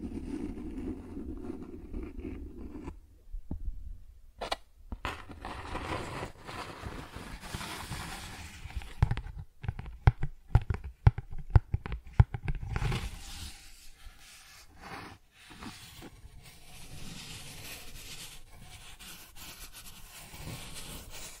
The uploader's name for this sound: Cardboard Scratching, Tracing, Tearing